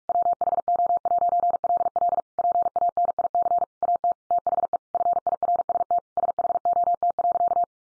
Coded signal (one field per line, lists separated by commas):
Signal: Morse code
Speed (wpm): 44 wpm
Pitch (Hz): 700 Hz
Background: none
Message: WHO'LL PANIC AT THE FIRST SHOT.